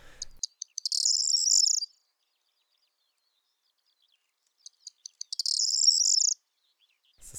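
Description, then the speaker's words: Corn bunting song: a few separate ticking notes that speed up into a high, jangling, glassy trill lasting about a second, given twice with silence between. Recorded in the morning during a training course; its song is likened to a pearl bouncing on a table. "Par exemple, on a enregistré du bruant proyé ce matin et le bruant proyé, en fait, c'est une perle qui ricoche sur une table."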